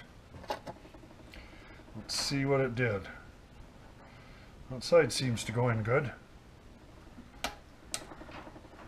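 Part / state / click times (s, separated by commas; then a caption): U-joint retaining clip into driveshaft yoke groove / seated / 7.9 s. A metal retaining clip for a new U-joint is pushed into its groove in the driveshaft yoke of a 2007 pickup while someone talks. A sharp click at 7.9 s marks the clip snapping into place, and it is seated.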